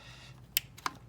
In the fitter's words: all right hit a click